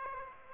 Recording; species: mosquito wingbeat signal from an infrared sensor; Aedes aegypti